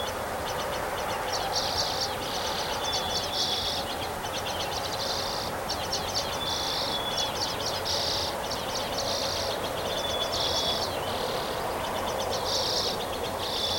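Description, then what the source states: Bird song: buzzy, chattering notes in rapid bursts, with thin steady whistles every few seconds, over constant broad background noise. Recorded on 3 May 2023.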